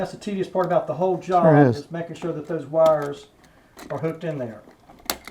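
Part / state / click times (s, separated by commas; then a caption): house wire into light switch terminal / seated / 5.1 s. Someone talks while working the bottom house wire into a terminal on a household light switch, and then it goes briefly quiet. A loud, sharp snap at 5.1 s marks the wire seating into the switch terminal, a good sound.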